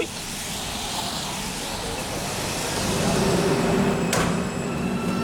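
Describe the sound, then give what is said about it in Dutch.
A metro train ride: a steady low rumble with a thin whining hum over it, growing a little louder partway through, and one brief sharp click near the end. “We nemen de metro, want ze hebben gehoord dat ze in een ander deel van de stad misschien werk kunnen vinden.”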